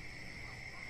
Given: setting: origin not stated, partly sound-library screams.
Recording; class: one-second piece from a danger detection set; normal situation